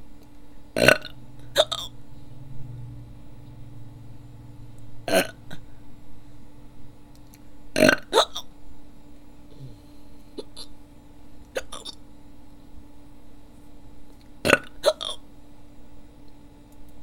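Four sharp, abrupt hiccup bursts, each with a fainter follow-up, at irregular intervals over seventeen seconds; persistent hiccups.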